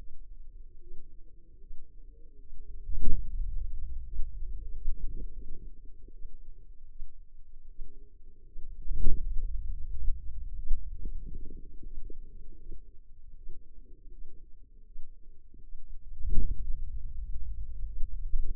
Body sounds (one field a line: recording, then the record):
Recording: forearm muscle sounds (acoustic myography)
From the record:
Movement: hand closing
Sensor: system 2, bracelet of six BSWA MPA416 microphones around the upper forearm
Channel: 2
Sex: female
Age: 25 years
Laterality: right